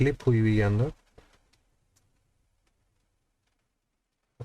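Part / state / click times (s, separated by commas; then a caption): internal board clip in laptop chassis / released / 4.4 s. A board inside a 2020 13.3-inch MacBook Pro A2289 (EMC 3456) is lifted to free it from an internal clip that holds it in the laptop case, during an LCD replacement. Someone talks briefly, then after faint small handling ticks, a sharp click is heard at 4.4 s as the clip releases the board.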